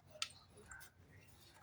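During reassembly of a Bosch GSK 150 circular saw after a gear and armature replacement, an internal component is placed into the machine housing. A short, sharp knock at 0.2 s marks it dropping into a square locating recess, followed by a fainter sound around 0.7 s. The part is seated and fits exactly.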